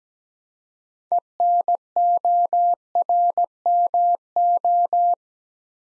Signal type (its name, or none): Morse code